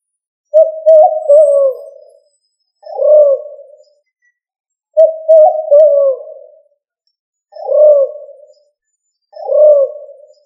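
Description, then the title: Pigeon cooing: five low, hollow coos, some drawn out with a wavering start and others shorter and falling, repeated at intervals in a quiet background. "Familia ColumbidaePomba"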